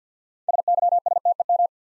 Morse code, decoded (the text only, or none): SYSTEM